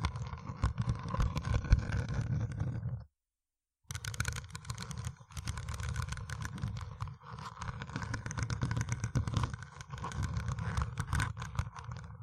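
Dense, rapid scratching fills the clip, a constant rough scraping with a deep rumbling undertone and crisp crackly bits on top. It stops completely for a moment around three seconds, then resumes just as thick and busy, with small dips in loudness.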